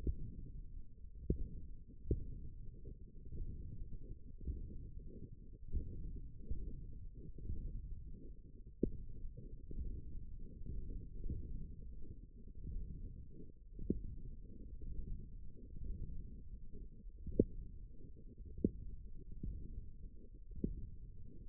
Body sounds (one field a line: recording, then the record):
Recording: forearm muscle sounds (acoustic myography)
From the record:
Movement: index flexion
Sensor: system 1, eight BSWA MPA416 microphones around the upper forearm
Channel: 7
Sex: female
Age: 22 years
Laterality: right